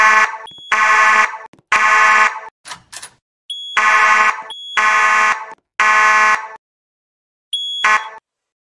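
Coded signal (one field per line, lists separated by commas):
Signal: alarm pattern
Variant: Temporal-3 horn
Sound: buzzy electronic horn sounding three half-second blasts, pause, repeating; faint high beep between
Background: game sound effects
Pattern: temporal three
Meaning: Temporal-3 fire alarm pattern signals evacuate the building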